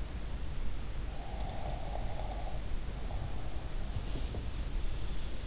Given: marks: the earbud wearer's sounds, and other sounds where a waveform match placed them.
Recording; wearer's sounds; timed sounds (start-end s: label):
sounds in sleep by an in-ear microphone; snoring breath
1.16-4.42 s: snoring breath
3.91-4.48 s: sound from someone else or the room